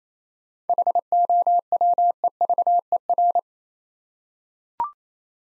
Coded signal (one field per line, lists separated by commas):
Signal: Morse code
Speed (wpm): 27 wpm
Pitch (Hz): 700 Hz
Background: none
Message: HOWEVER